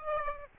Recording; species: mosquito wingbeat signal from an infrared sensor; Aedes aegypti